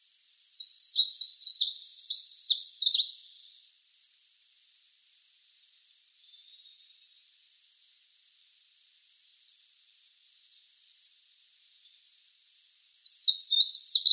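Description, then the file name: Tickell's leaf warbler sings a quick high twittering phrase, then a long quiet gap of about nine seconds before another phrase starts at the end. "Penochka zheltobrjuhaja"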